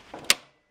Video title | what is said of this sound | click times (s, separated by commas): Antec Skeleton build - Part 3 | if you just pull this it's not gonna do it you have to push this bit until it clicks and | 0.3 s